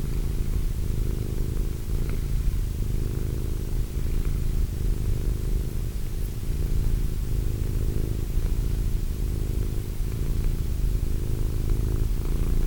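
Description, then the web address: Cat purring steadily, a long unbroken low rumble with gentle rises and falls and a few faint clicks over background hiss. Cat named Wilson. "~pelikas CATSOUNDS Wilson Cat"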